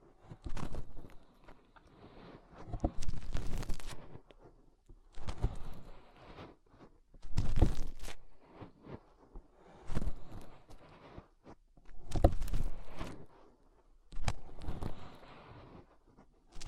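Fingers rub and scrape inside an ear in loud, crackling bursts every second or two, muffled thuds mixed with sharp scratchy rustles between brief silences.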